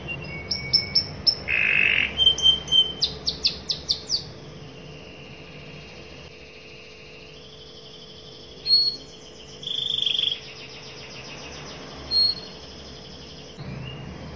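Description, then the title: Canary song: a run of rapid high notes for about four seconds, then a long pause broken by a few isolated notes. Long, continuous singing in the 'cengkok' style of varied phrasing, described as fancy and 'gacor', meaning singing vigorously. "Cengkok Kenari Mewah. Kenari gacor panjang"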